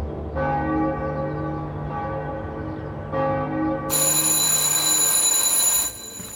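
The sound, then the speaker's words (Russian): Church bells in a town ring out in repeated loud, resonant strikes with long ringing overtones, the tolls overlapping into a sustained metallic wash that turns brighter and higher before fading. “В городе звенят колокола.”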